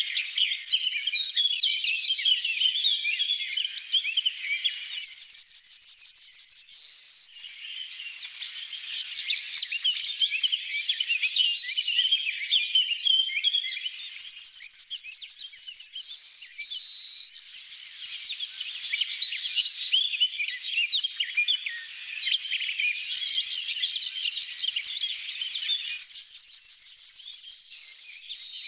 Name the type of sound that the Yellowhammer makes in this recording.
song